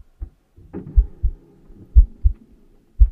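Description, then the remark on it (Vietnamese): A heavy, low heartbeat thuds in slow double beats, each pair landing about a second apart, over a faint sustained droning hum. “A Nùng còn mơ hồ nghe thấy cả nhịp tim của mình đập thình thịch ở trong lồng ngực”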